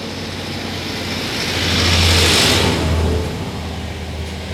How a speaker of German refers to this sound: Der salzt die Straße, das ist der Winterdienst. Unglaublich.